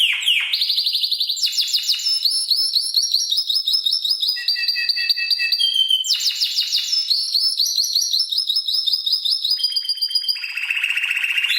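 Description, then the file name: Canary song, a continuous run of rapid trills and rolling phrases shifting between pitches, with fast repeated notes and brief whistled glides, no other sounds. "Canary Singing"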